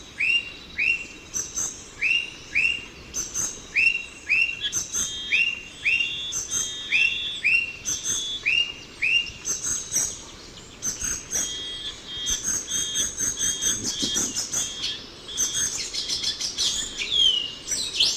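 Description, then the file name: Ochre-breasted tanager calls: a long run of arched slurred notes, then giving way to a jumble of high chattering and buzzy notes. "Chlorothraupis stolzmanni - Ochre-breasted Tanager"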